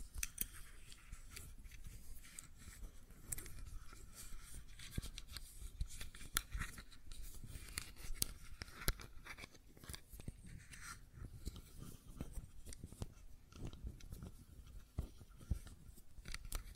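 Fidget cube tapping and clicking in a small room, dense sharp bright clicks coming rapidly and irregularly throughout, close to the listener.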